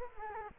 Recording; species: mosquito wingbeat signal from an infrared sensor; Culex quinquefasciatus